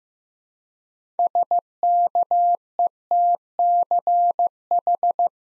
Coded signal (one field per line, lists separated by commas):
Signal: Morse code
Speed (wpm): 15 wpm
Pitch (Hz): 700 Hz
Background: none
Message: SKETCH